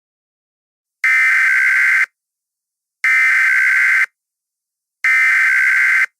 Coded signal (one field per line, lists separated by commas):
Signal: Emergency Alert System (SAME) tones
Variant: header bursts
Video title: The Hack - EAS Scenario 2